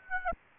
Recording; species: mosquito wingbeat signal from an infrared sensor; Aedes aegypti